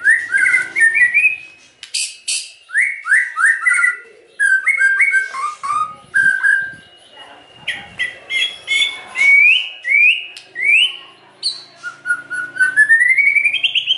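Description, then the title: White-rumped shama song of clear upward-sliding whistles in quick sequence, interspersed with clicks and sharp high notes, ending with a rapid rising trill. Used as a lure to provoke a response. "PANCINGAN MURAI BATU GACOR"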